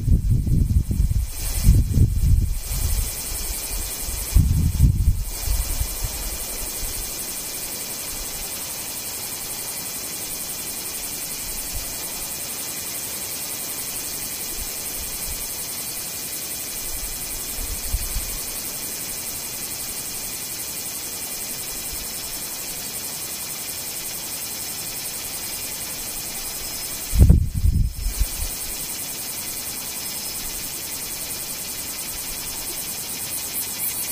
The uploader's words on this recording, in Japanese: ほぼ無音。